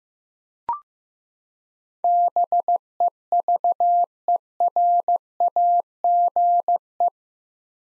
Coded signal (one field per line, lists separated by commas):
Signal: Morse code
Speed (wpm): 16 wpm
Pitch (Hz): 700 Hz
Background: none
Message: BEVERAGE